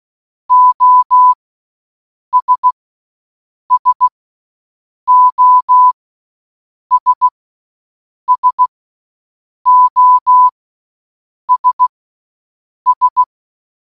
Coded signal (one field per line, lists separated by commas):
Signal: Morse code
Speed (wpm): 16 wpm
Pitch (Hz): 1000 Hz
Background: none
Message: OS SOS SOS S